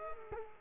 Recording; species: mosquito wingbeat signal from an infrared sensor; Culex quinquefasciatus